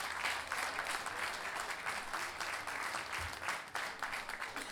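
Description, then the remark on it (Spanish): Sustained applause from an audience at a guitar festival evening, greeting the musicians about to accompany the singers, a dense steady patter of many hands clapping at an even loudness for several seconds, with no voices over it. “Por favor, un aplauso para ellos y comiencen esta noche.”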